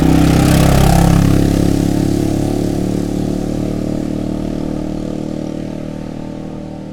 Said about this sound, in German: Und jetzt wollen mal zwei Motorradfahrer nach da oben abbiegen. Zack, muss da einer herkommen.